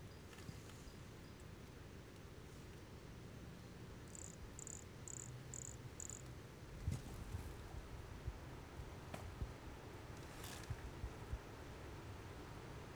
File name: Brachycephalus sulfuratus near Jurupara dam not collected 29 set 2016 MRBornschein